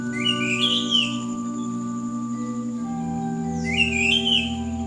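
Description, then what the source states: Bird song in two brief phrases of high, warbling, slurred notes at start and end, separated by quiet, with a steady low hum throughout. Chirping bird song.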